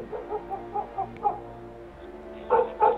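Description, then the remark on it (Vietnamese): Dogs bark in a noisy, overlapping jumble across a street corner as the wind rises, a string of yaps and woofs building to two louder barks at the end, with no one speaking. “Gió nổi lên, ở bên kia tiếng chó sủa râm ran ầm ĩ cả một góc phố.”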